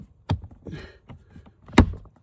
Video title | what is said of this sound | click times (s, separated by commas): 2020-2022 Mercedes GLC 300 (and GLC 43) Cabin Air Filter Replacement | push that all up in there till you hear those click in place. | 0.3 s, 1.8 s